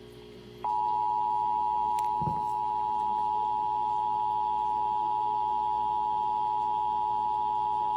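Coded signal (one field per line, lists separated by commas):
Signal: Emergency Alert System (SAME) tones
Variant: 853 and 960 Hz attention tone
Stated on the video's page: Los Angeles Required Monthly Test.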